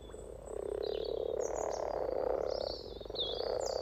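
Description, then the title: Frog chorus: a steady mass of low purring croaks swelling and fading, while songbirds twitter in the background. Spring chorus of 20 frogs in a sunny garden pond, some floating or sitting on fresh frogspawn, greeting arriving females; Freshfield, Formby, Merseyside, UK, sunny St Patrick's Day, 17 March 2023. "Frog Chorus Spring sounds first Lunch outside St Patrick’s day 17 March 2023 . Freshfield, Formby"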